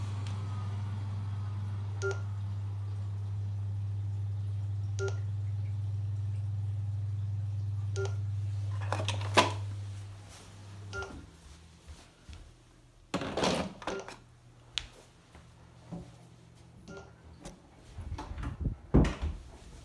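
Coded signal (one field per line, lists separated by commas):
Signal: beep code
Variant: Neato Botvac D3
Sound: short double electronic beeps repeating about every three seconds, with low hum and clunks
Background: motor hum, handling noise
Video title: Neato Botbac D3 beeping sound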